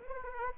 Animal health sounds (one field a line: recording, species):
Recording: mosquito wingbeat signal from an infrared sensor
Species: Aedes aegypti